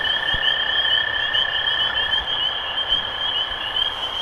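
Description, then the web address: Spring peeper chorus of high peeps blurred together, a steady lower trill beneath, and a few soft low knocks. Recorded 23 March 2012. "rob animals Peepers-2012-0323"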